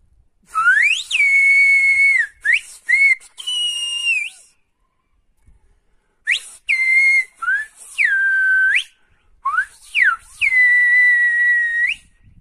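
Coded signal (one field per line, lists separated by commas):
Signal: whistled language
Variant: Silbo Gomero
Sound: loud piercing whistle gliding up and down in three phrases, with sustained held notes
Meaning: Whistles the phrase "Step Outside of Yourself"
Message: Step Outside of Yourself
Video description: These videos are from the Canary Islands with the well-known whistling proponent Rogelio Botanz uttering the song-titles from the album "Voider Perspectives".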